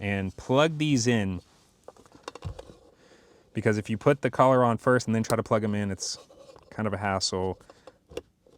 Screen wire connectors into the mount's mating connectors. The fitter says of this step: Really simple. You'll hear them both click.